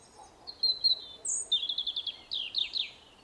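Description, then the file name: European robin song, a short phrase: a sustained high whistle, a sharp very high note, then quick runs of trilled and downslurred notes. "Erithacus rubecula"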